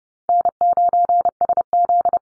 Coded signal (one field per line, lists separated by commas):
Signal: Morse code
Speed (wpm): 30 wpm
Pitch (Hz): 700 Hz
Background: none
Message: N9SZ